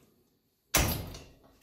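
After the pin is loosened and pulled, the metal arm of a folding punching bag wall mount is folded back against the wall. Near silence breaks at 0.8 s with a sharp, loud, broadband clack, followed by a ringing decay that fades over the next second. The locking pin clicks back in, seating the arm in its stowed position.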